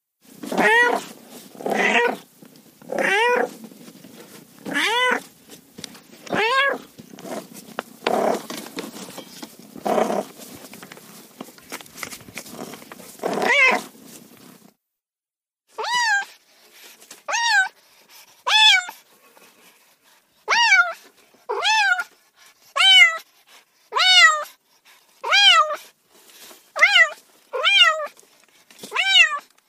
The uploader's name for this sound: Cats Meowing